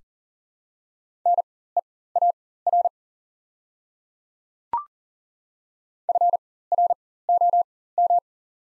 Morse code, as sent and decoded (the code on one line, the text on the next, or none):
-. . .- .-. / ..-. .-. --- --
NEAR FROM